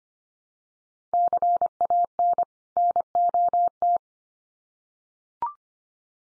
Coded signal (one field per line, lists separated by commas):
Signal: Morse code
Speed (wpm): 25 wpm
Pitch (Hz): 700 Hz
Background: none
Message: CAN NOT